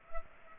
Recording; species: mosquito wingbeat signal from an infrared sensor; Culex pipiens